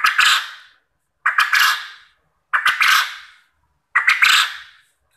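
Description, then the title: Quail giving four loud, rasping, noisy calls, each fading out over under a second, spaced evenly at about 1.3-second intervals. Quail call used as a lure to make quail answer and sing actively. "Burung Puyuh Mana Yang Tidak Nyaut Dan Gacor Dengan Pancingan Ini"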